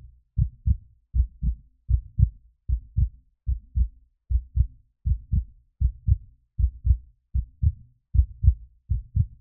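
Steady paired lub-dub thumps of a beating heart at about 77 beats a minute, a regular heartbeat sound effect.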